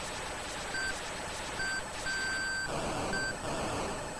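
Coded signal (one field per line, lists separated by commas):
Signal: none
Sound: a game's warning beeps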